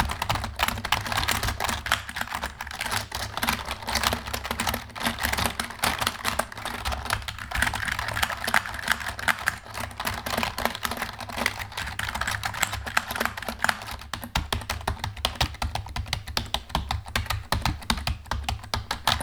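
Fast keyboard typing fills the whole stretch, a dense, steady rattle of crisp clicks with hardly a pause. The keystrokes sound bright over a low, constant hum in the background, with occasional heavier taps standing out.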